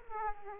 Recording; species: mosquito wingbeat signal from an infrared sensor; Aedes aegypti